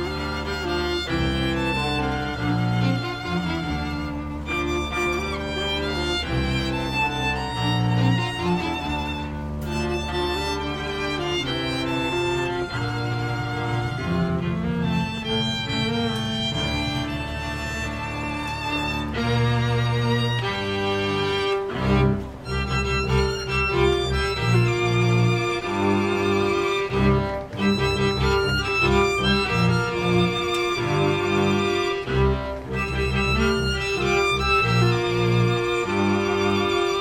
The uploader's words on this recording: Asematunneli String Quartet. I was visiting my friend in Helsinki. When going through a tunnel, we spotted a string quartet playing. I grabbed my Zoom H6 and captured the most amazing street players I have heard myself.